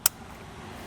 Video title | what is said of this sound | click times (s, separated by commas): etrailer - Redarc Tow-Pro Liberty Brake Controller Installation - 2010 Dodge Nitro | you'll plug that into your operating unit until you hear a nice click you can give it a tug and make sure it's not going anywhere | 0.1 s